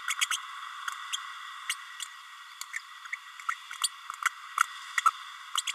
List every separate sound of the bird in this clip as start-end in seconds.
0.09-0.14, 0.21-0.26, 0.30-0.37, 1.12-1.17, 1.69-1.75, 2.76-2.78, 3.48-3.54, 3.83-3.88, 4.97-5.01, 5.05-5.10, 5.67-5.72